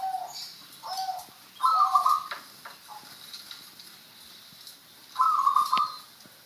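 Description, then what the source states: Zebra dove song with two loud trilled, burry coo phrases a few seconds apart, preceded by softer hooked notes and a faint ticking background. Song of the songo ratu style.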